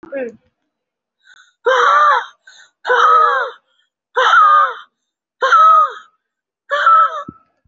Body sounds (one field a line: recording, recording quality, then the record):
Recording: deep breathing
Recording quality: excellent, no background noise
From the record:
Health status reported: recovered from COVID-19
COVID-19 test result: positive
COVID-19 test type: RT-PCR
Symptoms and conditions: cough, cold, breathing difficulty, sore throat, chronic lung disease, pneumonia, another respiratory illness, another condition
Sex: male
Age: 76 years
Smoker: yes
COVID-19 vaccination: one dose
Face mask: worn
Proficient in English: no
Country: India